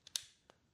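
An automatic push-lock quick connect plug is pushed into its socket on a pressure washer line. A faint tick at 0.1 s is followed by a sharp, bright click at 0.2 s, confirming the plug is locked in. A softer tap comes at 0.5 s.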